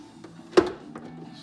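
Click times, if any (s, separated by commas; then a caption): 0.6 s. A plastic trim piece is pressed onto a Fiero GT tail lens assembly during installation. After a faint tick near 0.2 s, a sharp snap at 0.6 s marks the piece snapping on and seating, followed by a smaller tick near 1.0 s.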